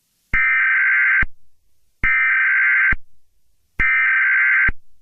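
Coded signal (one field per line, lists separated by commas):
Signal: Emergency Alert System (SAME) tones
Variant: header bursts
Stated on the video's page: Fictional scenario about a computer virus, not a real broadcast.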